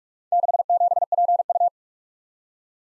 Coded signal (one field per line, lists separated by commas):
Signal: Morse code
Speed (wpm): 51 wpm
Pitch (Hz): 700 Hz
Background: none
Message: 67PU